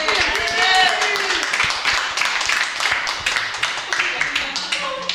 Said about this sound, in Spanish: Un aplauso acá.